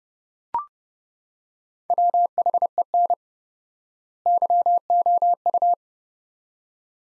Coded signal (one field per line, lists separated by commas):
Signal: Morse code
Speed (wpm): 31 wpm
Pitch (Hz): 700 Hz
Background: none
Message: WHEN YOU